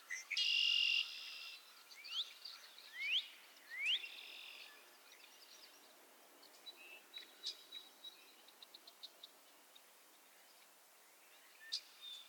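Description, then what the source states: Frogs calling: a loud buzzy trill, then three rising whistled peeps, fading into scattered soft clicks and chirps. Chorus of frogs calling to one another on a summer evening, Miners Marsh, Annapolis Valley, Nova Scotia.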